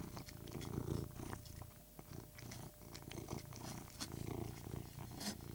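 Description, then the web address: Persian cat giving a deep continuous purr, broken by clicks and crackles. Purring while eating. "BBC Cats BBC"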